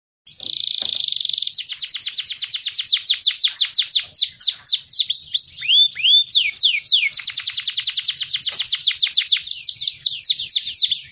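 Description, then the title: Canary song opening with a dense buzzy rattle, then long runs of quick descending whistled notes and a few slower looping slurs. "Kenari"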